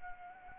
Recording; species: mosquito wingbeat signal from an infrared sensor; Anopheles arabiensis